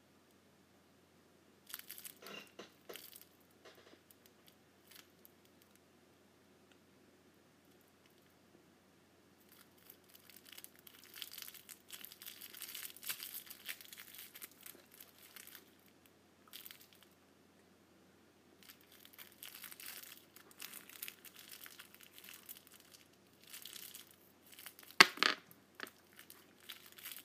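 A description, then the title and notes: Candy wrappers crinkle and crumple, coming in short bursts and longer busy stretches with quiet gaps between. Bright, crackly rustling dominates, and a sharp snap near 25 seconds stands out louder than the rest. ASMR Candy Wrappers.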